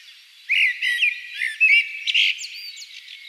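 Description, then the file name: Common blackbird giving a quick run of squeaky, warbled notes and thin high twitters. "Turdus merula"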